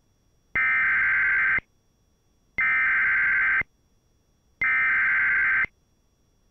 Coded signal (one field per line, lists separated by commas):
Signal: Emergency Alert System (SAME) tones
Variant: header bursts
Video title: EAS 2938: NWS San Juan Flash Flood Warning